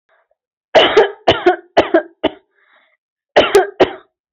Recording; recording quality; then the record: heavy voluntary cough; excellent, no background noise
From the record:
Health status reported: healthy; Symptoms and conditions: none ticked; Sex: female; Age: 25 years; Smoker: not ticked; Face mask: not worn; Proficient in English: yes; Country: India